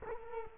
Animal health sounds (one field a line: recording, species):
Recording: mosquito wingbeat signal from an infrared sensor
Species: Culex quinquefasciatus